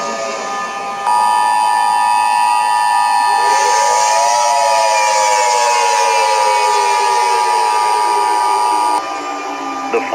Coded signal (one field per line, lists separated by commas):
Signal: Emergency Alert System (SAME) tones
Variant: 853 and 960 Hz attention tone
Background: speech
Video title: Eas scenario: Dual pandemics